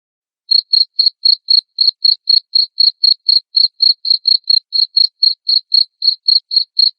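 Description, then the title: Cricket chirping: short high-pitched chirps repeated steadily about four times a second against silence. Loud cricket chirping (ngerik), used to make lovebirds sing continuously (ngekek). "Suara JANGKRIK NGERIK Keras Bikin LOVEBIRD Jadi NGEKEK Terus Vubey"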